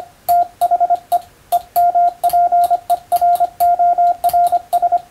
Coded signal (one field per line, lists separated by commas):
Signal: Morse code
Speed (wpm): 25 wpm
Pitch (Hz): 700 Hz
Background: radio noise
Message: THE EMPERORS